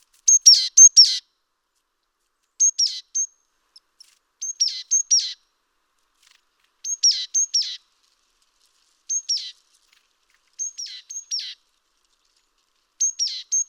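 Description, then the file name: Great tit calls: short high notes mixed with harsh buzzy bursts, given in short clusters about every two seconds against a silent background. "Parus major"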